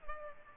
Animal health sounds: mosquito wingbeat signal from an infrared sensor; Culex pipiens

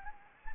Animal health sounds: mosquito wingbeat signal from an infrared sensor; Anopheles gambiae

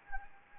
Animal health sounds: mosquito wingbeat signal from an infrared sensor; Anopheles gambiae

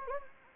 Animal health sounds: mosquito wingbeat signal from an infrared sensor; Anopheles gambiae

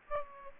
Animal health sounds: mosquito wingbeat signal from an infrared sensor; Aedes aegypti

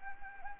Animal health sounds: mosquito wingbeat signal from an infrared sensor; Anopheles arabiensis

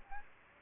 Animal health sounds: mosquito wingbeat signal from an infrared sensor; Aedes aegypti

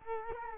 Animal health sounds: mosquito wingbeat signal from an infrared sensor; Culex quinquefasciatus

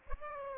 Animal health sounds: mosquito wingbeat signal from an infrared sensor; Aedes aegypti

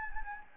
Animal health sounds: mosquito wingbeat signal from an infrared sensor; Anopheles gambiae

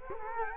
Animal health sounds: mosquito wingbeat signal from an infrared sensor; Culex quinquefasciatus

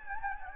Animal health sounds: mosquito wingbeat signal from an infrared sensor; Anopheles gambiae

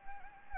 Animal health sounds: mosquito wingbeat signal from an infrared sensor; Anopheles gambiae

